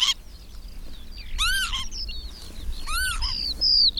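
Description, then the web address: Bird calls, two strong arched notes about one and a half seconds apart, mixed with thin whistles and twittering. "madarak enek"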